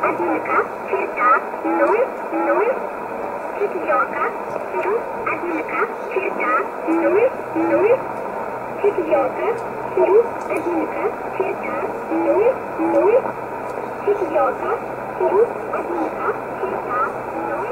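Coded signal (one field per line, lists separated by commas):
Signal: numbers station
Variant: S11a Cherta, Russian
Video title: 29 06 2020 S11a Cherta Numbers station in Russian 0701 on 9339 unknown tx site in USB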